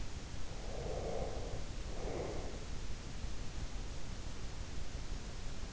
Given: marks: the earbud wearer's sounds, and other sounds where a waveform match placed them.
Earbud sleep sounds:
sounds in sleep by an in-ear microphone; breath
0.54-2.74 s: breath

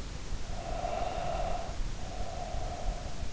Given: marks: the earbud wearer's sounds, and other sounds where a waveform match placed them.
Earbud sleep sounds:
sounds in sleep by an in-ear microphone; breath
0.27-3.13 s: breath

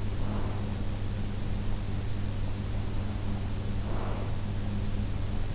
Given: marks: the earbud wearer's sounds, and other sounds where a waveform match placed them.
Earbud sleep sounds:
sounds in sleep by an in-ear microphone; breath
0.02-0.93 s: breath
3.74-4.58 s: breath

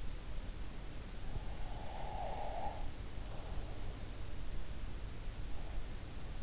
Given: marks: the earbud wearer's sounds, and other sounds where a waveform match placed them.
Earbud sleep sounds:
sounds in sleep by an in-ear microphone; breath
1.61-4.09 s: breath

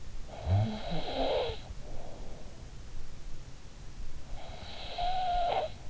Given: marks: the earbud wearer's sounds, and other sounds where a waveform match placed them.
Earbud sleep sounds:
sounds in sleep by an in-ear microphone; snoring breath
0.35-2.65 s: snoring breath
4.27-5.85 s: snoring breath

